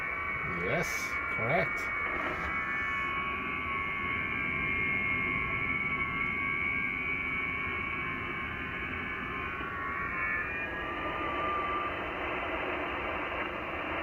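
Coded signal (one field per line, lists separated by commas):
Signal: FT8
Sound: several faint steady warbling tones over shortwave hiss, a few clicks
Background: radio static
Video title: VP6D, Ducie Is. Pacific Ocean, 14MHz, FT8, Worked by HL2WA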